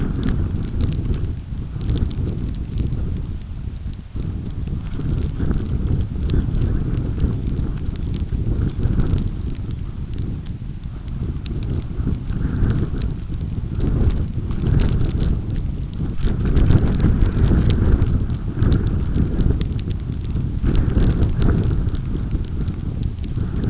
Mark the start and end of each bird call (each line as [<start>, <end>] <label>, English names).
[6.26, 6.49] Red Phalarope
[7.91, 8.10] Red Phalarope
[8.65, 8.82] Red Phalarope